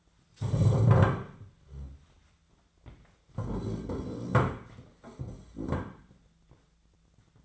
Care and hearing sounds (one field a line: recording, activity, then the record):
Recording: daily activity, microphone in the room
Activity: stand up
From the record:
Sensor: 3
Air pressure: 1008.0 hPa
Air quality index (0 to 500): 191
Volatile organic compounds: 14 ppm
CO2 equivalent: 2452 ppm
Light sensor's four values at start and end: 12/28/12/12 and 12/28/12/12